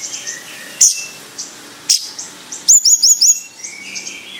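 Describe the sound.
Bayeman song: two thin high chirps, then a quick series of sharp high notes.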